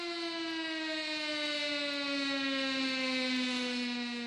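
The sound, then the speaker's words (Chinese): An air raid siren sounded across Nanjing, China, during the national memorial's silent tribute to Nanjing Massacre victims holds one loud, steady, buzzy tone that drifts slightly lower in pitch across about four seconds, with horns from stopped cars blended into it. No one speaks. “国歌唱毕，全场向南京大屠杀死难者默哀，南京市拉响防空警报，汽车停驶鸣笛，行人就地默哀。”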